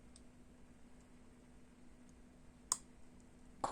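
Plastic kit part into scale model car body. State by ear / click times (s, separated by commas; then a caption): seated / 2.7 s, 3.6 s. A plastic part of a Tamiya 1/20 scale Ferrari F2001 Formula One model kit is pressed into its mating part on the car body over a quiet, steady low hum. Sharp snap clicks are heard at 2.7 s and 3.6 s as the part seats firmly in place, secure enough that no glue is needed.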